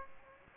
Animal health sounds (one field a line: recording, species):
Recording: mosquito wingbeat signal from an infrared sensor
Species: Aedes aegypti